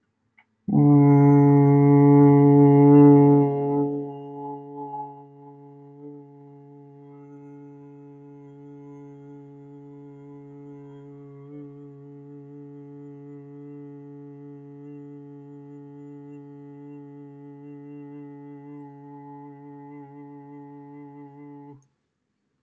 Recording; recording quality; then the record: sustained vowel as in boot; excellent, no background noise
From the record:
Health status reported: healthy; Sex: male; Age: 33 years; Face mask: not worn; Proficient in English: yes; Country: United States